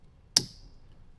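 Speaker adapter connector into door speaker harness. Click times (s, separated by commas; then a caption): 0.4 s. A plastic speaker adapter connector is lined up and pushed into the door speaker harness connector on a Kicker 6" plug-and-play speaker upgrade for a 2003–2009 Toyota 4Runner. A single sharp click at 0.4 s is bright and high-pitched, ringing around 5 kHz before fading quickly into quiet background. The connector is seated.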